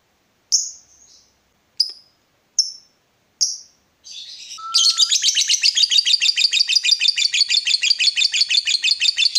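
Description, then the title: Yellow-vented bulbul: four spaced, sharp high chirps, a short whistled note, then a long burst of quick, lively chattering. Used as a bird lure (pikat). "PIKAT TRUCUKAN"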